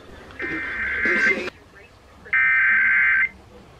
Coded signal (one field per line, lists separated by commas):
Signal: Emergency Alert System (SAME) tones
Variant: header bursts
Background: speech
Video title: Shasta's RMT (EAS #1963-1975)